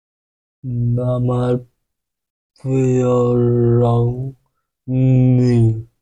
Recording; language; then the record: elicited speech; Bengali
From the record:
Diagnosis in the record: Broca's or global aphasia after a stroke